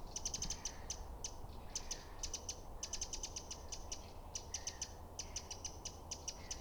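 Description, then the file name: Eurasian wren making dense, hard clicking calls grouped into short rattling bursts, nearly continuous with brief gaps, over a steady low background rumble. "Troglodytes troglodytes"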